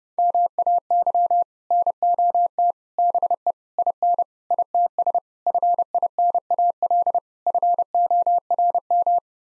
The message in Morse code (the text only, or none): MAY NOT BE IN ITS FINAL FORM